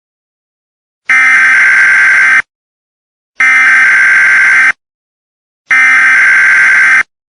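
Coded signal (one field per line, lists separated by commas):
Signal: Emergency Alert System (SAME) tones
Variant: header bursts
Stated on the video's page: Fictional EAS scenario containing valid EAS tones.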